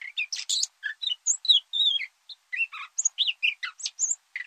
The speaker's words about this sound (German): Henrik Brumm hat ein Nachtigallmännchen beim Lernen seines schwierigen Gesangs begleitet und die einzelnen Entwicklungsstufen aufgezeichnet. Die ersten Versuche klangen so.